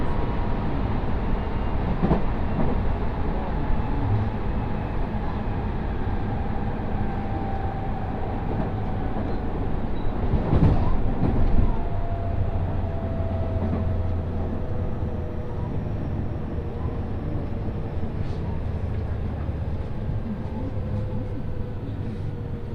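A Tokaido Line special rapid train runs from Kusatsu toward Shin-Osaka, its dense, steady low rumble filling the whole clip. A faint whining tone glides slowly downward, and brief clanks and rattles break in around 2, 10–11 and 18 seconds.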